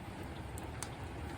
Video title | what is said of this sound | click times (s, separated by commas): The Black Caballero's Waltham, Elgin, Illinois | it's almost like a little double click but you can hear it it's gonna click in | 0.6 s, 0.8 s